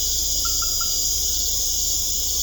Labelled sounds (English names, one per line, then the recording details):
none
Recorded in secondary vegetation near Puerto Asís, Putumayo, Colombia, on 16 December 2024 at 19:00
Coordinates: 0.500, -76.326
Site G065